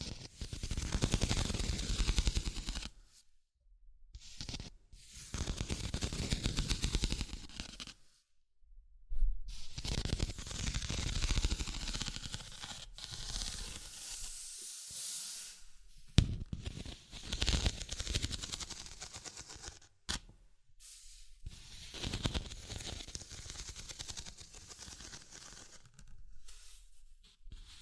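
Dense bursts of scratching and rapid tapping come in rough stretches of several seconds, separated by brief silences, with a sharp click near sixteen seconds.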